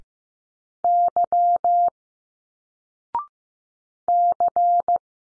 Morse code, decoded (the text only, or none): Y C